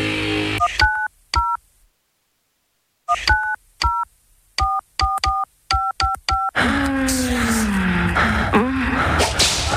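A rapid series of touch-tone beeps as a phone number is dialed, short paired tones in quick bursts with a pause midway, followed by a burst of noisy, rushing sound.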